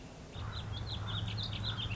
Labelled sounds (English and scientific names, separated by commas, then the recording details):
Warbling Vireo (Vireo gilvus)
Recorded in Sonoma County, California